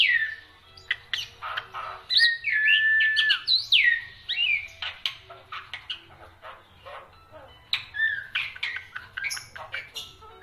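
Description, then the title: Black-winged myna singing a busy, varied song of harsh squawks, chattering notes and sweeping whistles, including one long level whistle, delivered almost without pause. Dense, varied song of a Black-winged myna in full voice, recorded for training other songbirds. "Kicauan Rapat Jalak Putih Gacor Banyak Variasi Untuk Masteran"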